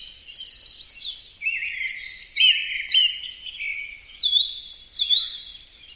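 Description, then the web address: Bird calls with drawn-out whistles and sharp downward-sweeping notes. "birddata Deverinetal 2025 Bird Only"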